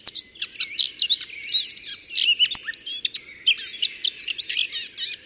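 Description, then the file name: Eurasian blackcap delivering a fast, nearly continuous warble of chattering and fluty whistled notes, with a short pause midway and a single sharp click near the middle. "Sylvia atricapilla"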